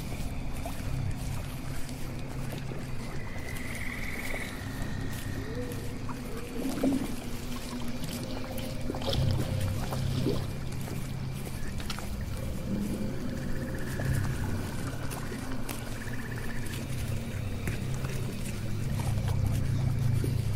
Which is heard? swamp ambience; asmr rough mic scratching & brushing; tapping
swamp ambience